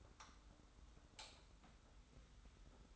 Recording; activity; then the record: daily activity, microphone in the room; light off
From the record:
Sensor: 3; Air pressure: 991.0 hPa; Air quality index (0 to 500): 115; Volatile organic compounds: 73 ppm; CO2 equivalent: 3545 ppm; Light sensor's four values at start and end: 39/95/38/36 and 36/86/34/32